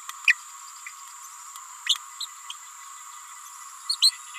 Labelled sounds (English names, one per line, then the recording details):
Green-rumped Parrotlet babbling
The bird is a female
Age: 28 days
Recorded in a nest box in Venezuela
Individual 17B31A3